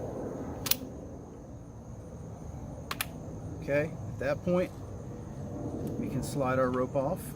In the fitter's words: So we pull up and you'll hear them engage.